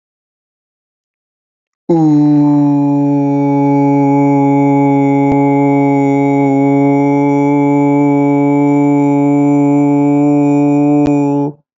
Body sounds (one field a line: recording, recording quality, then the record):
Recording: sustained vowel as in boot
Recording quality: excellent, no background noise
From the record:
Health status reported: healthy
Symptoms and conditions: none ticked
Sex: male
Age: 25 years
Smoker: not ticked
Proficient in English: yes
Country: India